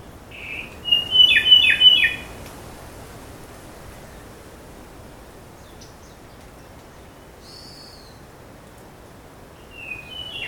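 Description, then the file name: Ryukyu robin giving a quick burst of sharp, chattering notes lasting about a second and a half, then quiet with a few faint high notes and another short call near the end. Recorded on Nakanoshima on 25 May 2025. "akahige 20250525 nakanoshima sekishinichi"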